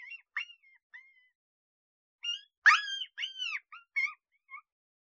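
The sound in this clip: Coyote pups making a few soft whines, then a louder cluster of sharp yips and rising squeals after a short pause.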